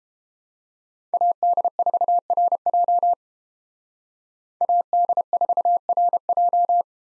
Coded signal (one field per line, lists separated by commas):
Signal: Morse code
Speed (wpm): 29 wpm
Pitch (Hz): 700 Hz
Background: none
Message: AD4RJ AD4RJ